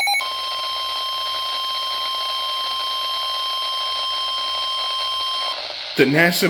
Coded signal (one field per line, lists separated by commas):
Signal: Emergency Alert System (SAME) tones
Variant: 1050 Hz attention tone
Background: speech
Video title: HELLO MARGINAL - EAS Alerts from 7/10/2025 (EAS #1,540-1,561)